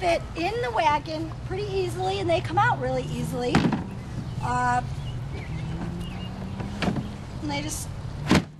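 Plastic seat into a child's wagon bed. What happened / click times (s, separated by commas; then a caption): The plastic seat snaps into place / 6.8 s. A molded plastic seat is pushed down into the plastic bed of a Step2 Versa Seat wagon while someone talks. A single sharp snap at 6.8 s marks the seat clicking into place.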